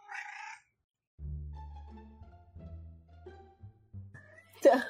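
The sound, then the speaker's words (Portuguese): Cats in heat yowl in long, wavering cries: a brief higher wail first, then a drawn-out low moaning howl that rises and falls, ending in a sudden sharp squall. “E os gatos cantam e dançam.”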